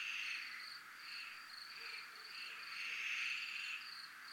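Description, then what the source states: A dense, high cricket chorus of evenly pulsed trills and a gently wavering buzz underneath. Recorded at a zona militar (military zone).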